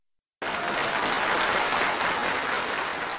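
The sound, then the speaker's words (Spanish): A sudden burst of steady crowd applause starts after a brief silence and holds at an even, loud level, a dense crackle of many hands clapping with no voices. “Gracias, mis parientes, por esos aplausos.”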